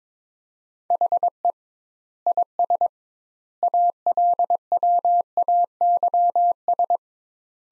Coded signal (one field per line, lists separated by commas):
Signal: Morse code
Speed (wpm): 22 wpm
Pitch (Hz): 700 Hz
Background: none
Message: HE IS ALWAYS